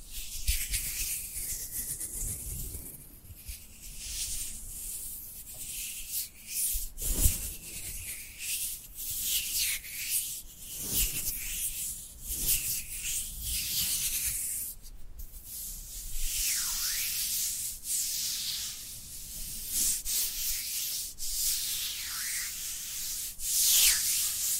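Dry hands rub together in steady, uneven strokes, a soft papery hiss with brief louder swipes around seven, fifteen and twenty-four seconds.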